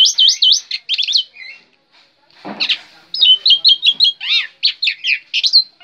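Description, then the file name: Black-winged myna singing looping whistled notes and repeated rising-falling chirps, broken by a short rough rasp midway. Black-winged myna singing energetically. "suara jalak putih gacor"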